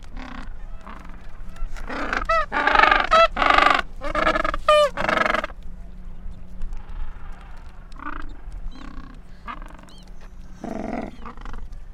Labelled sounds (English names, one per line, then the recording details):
Gentoo Penguin call
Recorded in the wild
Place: Port Lockroy (Jougla Point), Antarctica, AQ
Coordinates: -64.49, -63.29
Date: 2018-12-26
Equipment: Olympus LS-100, Sennheiser ME66
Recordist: Beaulieu, Michaël
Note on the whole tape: In Kolonie von Eselspinguinen. Brütende Vögel und kleine Küken